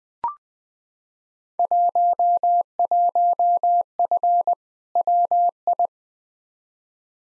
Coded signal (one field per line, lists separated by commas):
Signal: Morse code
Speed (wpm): 20 wpm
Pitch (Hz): 700 Hz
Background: none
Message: 11F WI